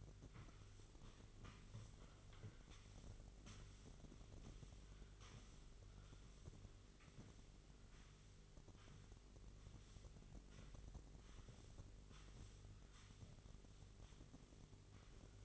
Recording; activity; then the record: daily activity, microphone in the room; sweep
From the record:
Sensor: 4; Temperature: 27.9 degrees Celsius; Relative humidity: 34.3%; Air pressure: 1002.4 hPa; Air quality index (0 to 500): 216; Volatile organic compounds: 12 ppm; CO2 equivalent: 2330 ppm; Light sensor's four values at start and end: 19/69/25/25 and 19/69/25/25